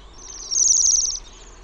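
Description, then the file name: Bohemian waxwing giving a high, sibilant trill of rapid pulses, loudest for under a second, with fainter trilling before and after. "TILHI"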